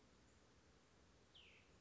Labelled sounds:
Cassin's Vireo (Vireo cassinii)
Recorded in Sonoma County, California

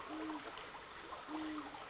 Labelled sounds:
Great Horned Owl (Bubo virginianus)
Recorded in Sonoma County, California

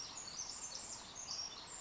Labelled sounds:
Pacific Wren (Troglodytes pacificus)
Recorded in Sonoma County, California

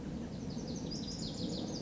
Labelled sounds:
Lazuli Bunting (Passerina amoena)
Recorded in Sonoma County, California

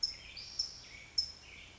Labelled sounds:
California Towhee (Melozone crissalis)
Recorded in Sonoma County, California

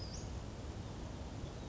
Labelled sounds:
Western Flycatcher (Empidonax difficilis)
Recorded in Sonoma County, California

